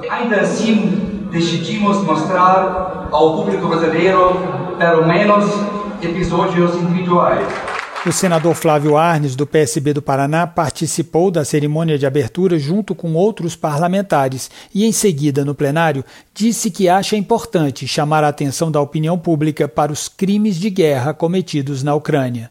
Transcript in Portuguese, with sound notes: Ainda assim, decidimos mostrar ao público brasileiro pelo menos episódios individuais''. (Palmas) O senador Flavio Arns, do PSB do Paraná, participou da cerimônia de abertura junto com outros parlamentares e em seguida, no Plenário, disse que acha importante chamar a atenção da opinião pública para os crimes de guerra cometidos na Ucrânia.